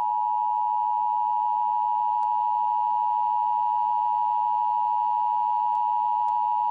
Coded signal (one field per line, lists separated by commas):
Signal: Emergency Alert System (SAME) tones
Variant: 853 and 960 Hz attention tone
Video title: [EAS Remake] Amber Alerts for Pearl Pinson and Diana Alvares